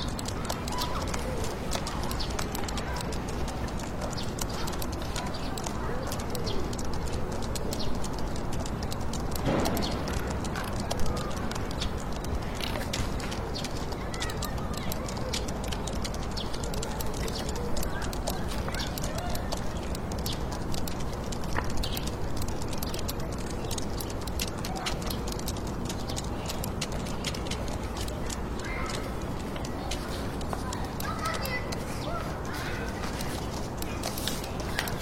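Fingertip typing in a computer room, a dense, irregular patter of soft taps running the whole time over a steady urban hiss. The level stays even throughout, with one brief louder thump near ten seconds and faint voice-like murmurs now and then.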